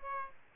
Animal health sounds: mosquito wingbeat signal from an infrared sensor; Aedes aegypti

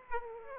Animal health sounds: mosquito wingbeat signal from an infrared sensor; Aedes aegypti

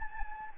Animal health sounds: mosquito wingbeat signal from an infrared sensor; Anopheles gambiae

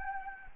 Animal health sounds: mosquito wingbeat signal from an infrared sensor; Anopheles gambiae

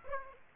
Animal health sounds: mosquito wingbeat signal from an infrared sensor; Aedes aegypti

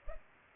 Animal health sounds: mosquito wingbeat signal from an infrared sensor; Culex pipiens

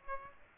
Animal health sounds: mosquito wingbeat signal from an infrared sensor; Aedes aegypti

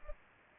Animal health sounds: mosquito wingbeat signal from an infrared sensor; Culex pipiens

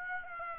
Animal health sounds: mosquito wingbeat signal from an infrared sensor; Aedes aegypti

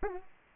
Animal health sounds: mosquito wingbeat signal from an infrared sensor; Aedes aegypti

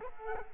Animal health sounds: mosquito wingbeat signal from an infrared sensor; Culex quinquefasciatus

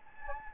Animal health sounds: mosquito wingbeat signal from an infrared sensor; Anopheles gambiae

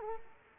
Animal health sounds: mosquito wingbeat signal from an infrared sensor; Culex quinquefasciatus

